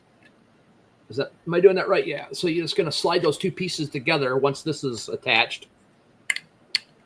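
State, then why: Seated. Someone talks while sliding the two printed halves of a plastic clip together on a mounting part so it will hold the piece upright. Two sharp snaps are heard at 6.3 and 6.75 seconds as the clip halves seat into place.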